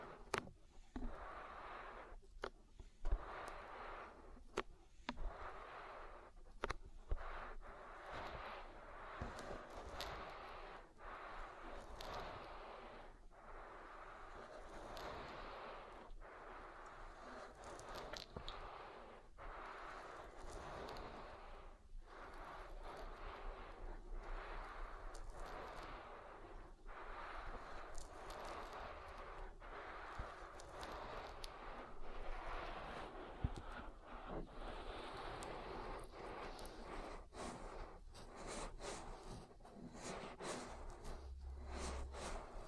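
An oil ear massage: a steady, dense wet rubbing and squishing that fills the whole clip without pause. Quick slick clicks and sharp pops break through every second or so, with a faint low rumble underneath.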